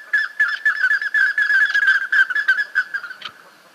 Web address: Plumbeous ibis. صدای-پرنده-اکراس-سربی